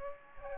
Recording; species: mosquito wingbeat signal from an infrared sensor; Aedes aegypti